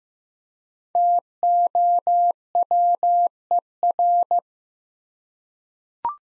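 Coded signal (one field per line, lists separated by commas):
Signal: Morse code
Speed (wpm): 15 wpm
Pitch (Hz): 700 Hz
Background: none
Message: TOWER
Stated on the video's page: 15wpm practice drill of five-letter words, each sent twice in Morse for head-copy practice.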